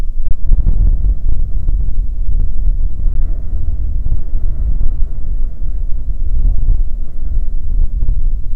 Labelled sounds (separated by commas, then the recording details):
wind
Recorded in the Prudhoe Bay oil fields, Alaska, on 15 May 2019 at 00:00
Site 19